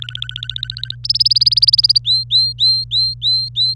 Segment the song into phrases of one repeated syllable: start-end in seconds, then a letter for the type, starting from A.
0.02-0.95 A, 1.04-1.98 B, 2.05-3.74 C